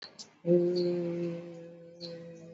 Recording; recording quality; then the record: sustained vowel as in made; excellent, no background noise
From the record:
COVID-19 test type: RT-PCR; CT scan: not taken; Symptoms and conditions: cough, cold, fever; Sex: male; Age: 27 years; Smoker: no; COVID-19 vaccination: both doses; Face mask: worn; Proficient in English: yes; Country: India